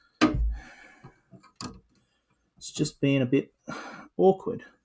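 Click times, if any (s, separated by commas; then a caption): none. A power supply extension cable plug is handled against its socket during an awkward attempt to fit it, with sharp plastic knocks at about 0.2 s and 1.6 s. Someone talks through the clip. Nothing has seated or clicked in yet.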